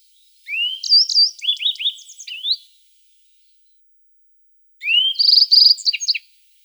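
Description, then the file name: Yellow-browed bunting singing two phrases about two seconds apart, each starting with a thin rising whistle and continuing into rapid trilled and slurred high notes. "Ovsjanka zheltobrovaja"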